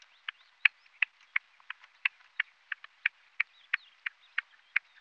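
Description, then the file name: Partridge calling with steady, clipped clucks about three per second. "Perdiz"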